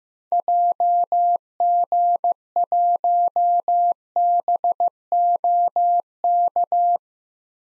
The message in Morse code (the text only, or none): JG1BOK